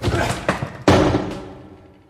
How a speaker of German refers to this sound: wirft sich gegen die Tür. Beim dritten Mal springt sie auf.